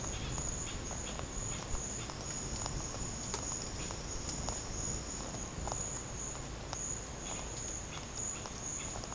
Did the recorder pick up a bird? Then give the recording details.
yes. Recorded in pastures near Puerto Asís, Putumayo, Colombia, on 25 June 2025 at 11:30. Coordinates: 0.496, -76.326. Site GP01